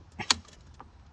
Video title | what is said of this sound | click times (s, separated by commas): How to: install Audi 8v b9 b9.5 Carbon Fibre Steering Wheel and Airbag Cover (single stage airbag) | till it clicks, pulling forward on the airbag. | 0.3 s